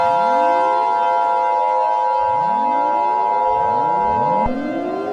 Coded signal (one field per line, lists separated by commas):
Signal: Emergency Alert System (SAME) tones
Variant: 853 and 960 Hz attention tone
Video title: AN EAS SCENARIO: North Korea attack (sneak peek)